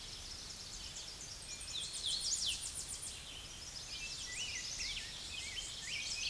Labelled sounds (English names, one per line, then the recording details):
Hooded Warbler song
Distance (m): 40 m
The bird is about 20 m above the microphone
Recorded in a Pennsylvania forest on 16 May 2024 at 07:11
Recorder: AudioMoth, point MSD-2429
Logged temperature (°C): 16.7 °C
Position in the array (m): 105 m, 109 m